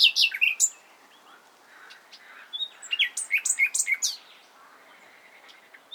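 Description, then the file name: Common nightingale singing short varied bursts, a few loud high notes then a busy run of quick chirps and clicks mid-phrase. "Luscinia megarhynchos"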